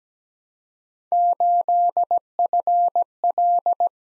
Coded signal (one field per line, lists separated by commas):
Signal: Morse code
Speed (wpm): 17 wpm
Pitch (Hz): 700 Hz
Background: none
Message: 8FL